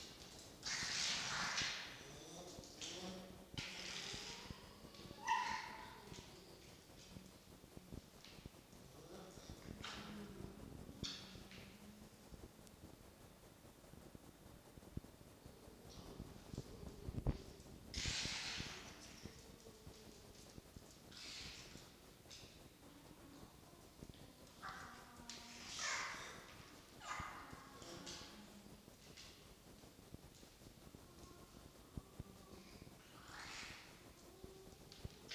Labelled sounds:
Red Fox
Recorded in captivity
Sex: group
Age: adult
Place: Zoologisches Institut der HUB, Berlin, DE
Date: 1953-01-09 17:35
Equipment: Elmetra
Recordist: Tembrock, Günter

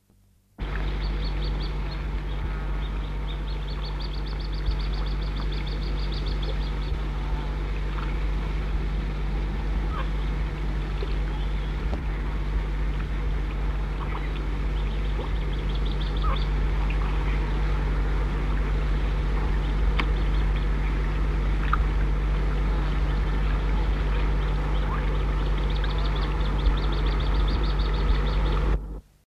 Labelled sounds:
Little Grebe call
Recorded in the wild
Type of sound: call
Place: Laatzen, Niedersachsen, DE
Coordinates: 52.3089, 9.8081
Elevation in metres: 63
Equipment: Halbspur, 9,5 cm/s
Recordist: Lütgens, Hans
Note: Junge, 2 Monate alt. September

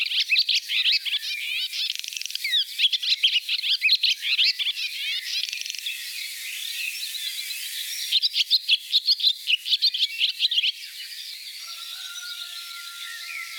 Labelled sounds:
Barn Swallow song
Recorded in the wild
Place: Gottenheim / Freiburg im Breisgau, Baden-Württemberg, DE
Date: 1983-07-03
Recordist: Schwarz, Dieter

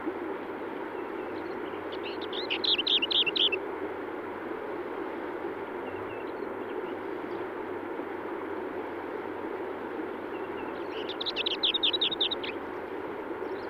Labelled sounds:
Lesser Whitethroat song
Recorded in the wild
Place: Dzhalmyn, MN
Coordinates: 48.166, 107.736
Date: 1979-06-10 06:15
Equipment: Nagra III BH, Sennheiser MD 21, parabola
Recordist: Schubert, Michael
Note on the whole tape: Gesang Klappergrasmücke

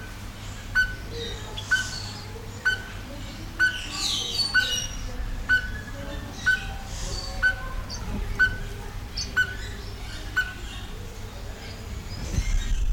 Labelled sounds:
Speckled Tinkerbird call
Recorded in captivity
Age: adult
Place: Zoo Berlin, Berlin, DE
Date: 1993-06-05 10:45
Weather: 20-25 °C, sonnig
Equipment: Marantz CP 430, Sennheiser ME 80, Kopie Uher Variocord 263
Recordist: Tembrock, Günter

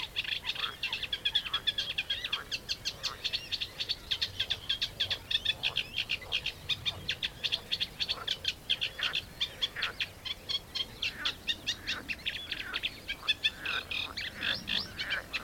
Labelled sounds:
Eurasian Reed Warbler
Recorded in the wild
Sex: male
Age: adult
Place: Karower Teiche, Naturpark Barnim, Berlin, DE
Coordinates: 52.623, 13.46
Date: 1992-06-14
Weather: sonnig (heiter), 19-22°C
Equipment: Nagra SN, Mikrofon AKG CK 8, Kopie Tesla B 116
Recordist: Tembrock, Günter

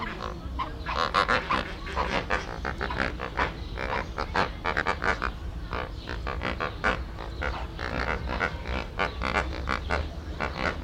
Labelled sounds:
Lesser Flamingo
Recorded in captivity
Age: adult
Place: Zoo Berlin, Berlin, DE
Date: 1994-06-11 12:42
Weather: heiter, 12-16°C
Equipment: Marantz CP 430, Sennheiser ME 80, Kopie Uher Variocord 263
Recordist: Tembrock, Günter
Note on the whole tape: Am Gitter: agonistische Lautformen, Entfernung 2 m

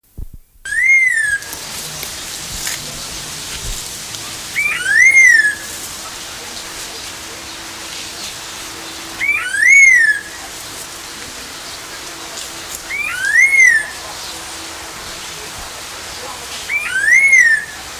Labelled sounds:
Red-tailed Laughingthrush call
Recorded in captivity
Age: adult
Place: Zoo Berlin, Berlin, DE
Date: 1999-09-04 11:41
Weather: sunny, 21°C
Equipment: Sony WM-D6C, Sennheiser ME 80, Kopie Uher 4000 Report Monitor
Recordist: Tembrock, Günter

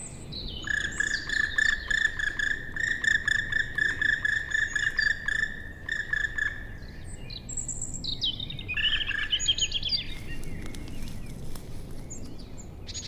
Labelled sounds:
Black Woodpecker flight call
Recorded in the wild
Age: adult
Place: Bernau bei Berlin, Forst Bernau, Brandenburg, DE
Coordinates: 52.695, 13.5233
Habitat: wood
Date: 2007-04-07 19:24
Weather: heiter, 10°C, mäßiger Wind
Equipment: Sound Devices 702, Sennheiser MKH 70, Windkorb
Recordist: Frommolt, Karl-Heinz

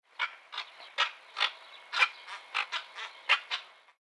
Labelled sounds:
Western Cattle Egret
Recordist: Tembrock, Günter
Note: Rufe von Altvögeln mit Jungen

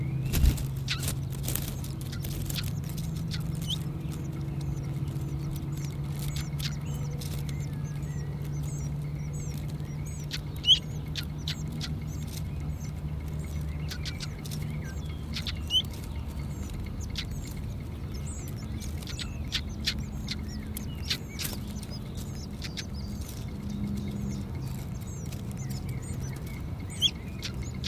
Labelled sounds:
Willow Warbler
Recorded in the wild
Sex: female
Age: diverse
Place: Lichtenbergerhöhe, Tübingen, Baden-Württemberg, DE
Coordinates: 48.5147, 9.03611
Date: 1967-06-26 11:18
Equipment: Nagra III PH, MD 421, LGS26
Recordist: Schneider, Hans-Joachim

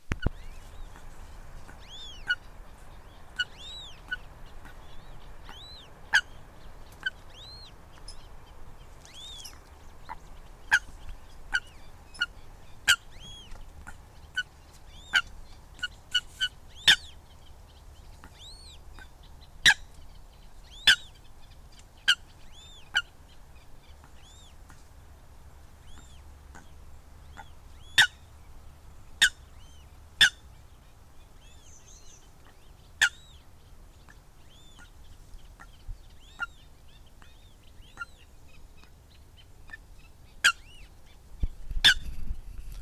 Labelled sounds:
Eurasian Coot call
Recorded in the wild
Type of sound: call
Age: adult
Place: Zeuthener See, Berlin, DE
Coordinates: 52.35, 13.64
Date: 1993-05-23
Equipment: Uher 4400 Report Monitor, Sennheiser ME 80, K 30 AV
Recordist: Fischer, Stefan
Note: Warnrufe

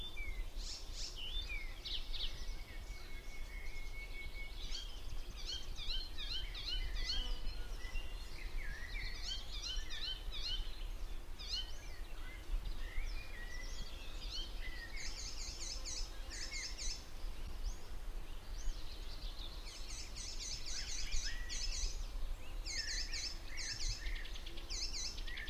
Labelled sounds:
Icterine Warbler song
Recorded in the wild
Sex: male
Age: adult
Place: Falkenberger Rieselfelder, Barnim, Berlin, DE
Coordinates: 52.578, 13.548
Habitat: poplar copse
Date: 1991-06-02
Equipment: Uher Report Monitor (Halbspur), Sennheiser ME 80, K 30 AV (III)
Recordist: Frommolt, Karl-Heinz

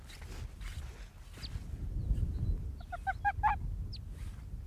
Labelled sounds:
Arctic Fox
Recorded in the wild
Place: Insel Mednyi, Kommandeur-Inseln, RU
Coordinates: 54.5167, 168.083
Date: 1999-07-09 20:20
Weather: bedeckt, 10°C, kein Nebel
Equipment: Sony WM-D6C, Sennheiser MKH 70, Windkorb, Kopie Sony TCD-D8
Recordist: Frommolt, Karl-Heinz
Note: Südosten der Insel, Robbenbucht: Folge Polarfuchs (Alopex lagopus) in 20 m Entfernung (2 min nach vorangegangener Aufnahme). Eine relativ leise Bellstrophe

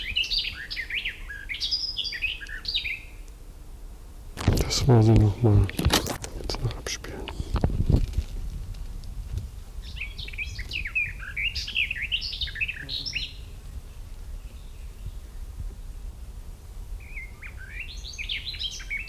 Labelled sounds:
Garden Warbler song
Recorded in the wild
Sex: male
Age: adult
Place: Huywald, Huy, Sachsen-Anhalt, DE
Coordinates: 51.9486, 10.9519
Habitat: high forest
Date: 1971-07-11 12:35
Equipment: Uher 4200 Report-S, Tesla Verstärker, Sennheiser MD 421
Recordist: Tembrock, Günter

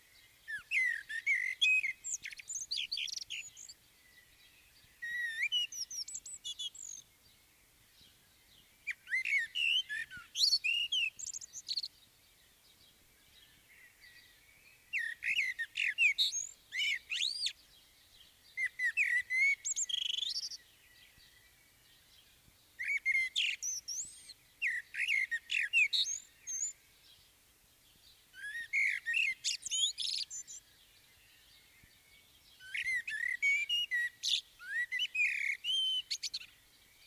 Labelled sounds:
Common Blackbird song
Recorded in the wild
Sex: male
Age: adult
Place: Bielefeld-Mitte, Nordrhein-Westfalen, DE
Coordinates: 52.0083, 8.59861
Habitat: residential district
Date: 1968-06-30
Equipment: Uher 4000 Report-S, Bändchenmikro Beyer M 260, Parabolspiegel Polyester (470 mm)
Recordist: Conrads, Klaus
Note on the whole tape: Bielefeld, Am Stiel 8. Männchen auf dem Haus: Gesang, kein Pfeifmotiv

